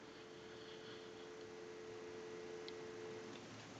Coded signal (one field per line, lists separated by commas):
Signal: telephone call progress tone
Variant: North America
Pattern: dial tone